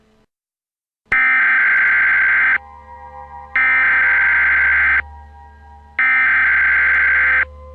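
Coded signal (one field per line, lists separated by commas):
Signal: Emergency Alert System (SAME) tones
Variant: header bursts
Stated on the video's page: Simulated real-time Emergency Alert System broadcast, a fictional nuclear war scenario.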